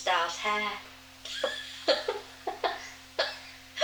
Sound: laughs

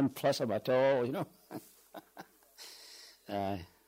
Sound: laughs

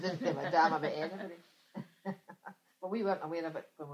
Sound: laughs

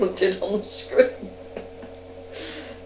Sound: laughs

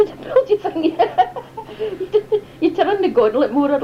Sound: laughs

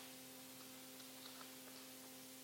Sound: rustling 6 seconds

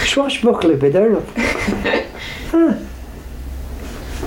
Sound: laughs

